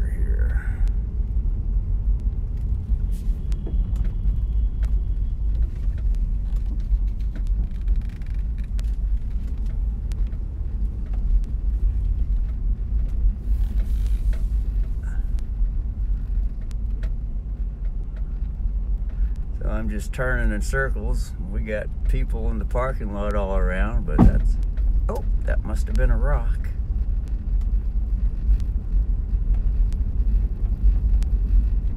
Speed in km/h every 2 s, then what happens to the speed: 7, 7, 6, 4, 6, 6, 6, 6, 1, 3, 4, 3, 3, 7, 6, 6.
0-32 steady at about 6.